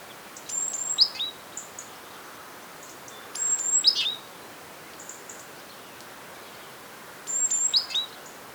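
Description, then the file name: Great tit calls: three bursts of high, thin descending notes with short sharp elements, a few seconds apart, over a steady background hiss. "Parus major"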